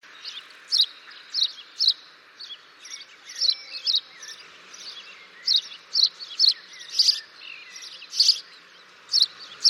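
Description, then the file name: House sparrow giving sharp, clipped chirps at uneven intervals, some paired or clustered, over a low, steady background hiss. "Passer domesticus"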